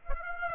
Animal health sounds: mosquito wingbeat signal from an infrared sensor; Aedes aegypti

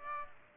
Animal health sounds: mosquito wingbeat signal from an infrared sensor; Aedes aegypti

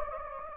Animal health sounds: mosquito wingbeat signal from an infrared sensor; Anopheles gambiae

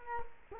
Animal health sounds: mosquito wingbeat signal from an infrared sensor; Culex quinquefasciatus

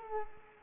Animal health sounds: mosquito wingbeat signal from an infrared sensor; Culex quinquefasciatus

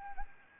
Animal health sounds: mosquito wingbeat signal from an infrared sensor; Anopheles arabiensis

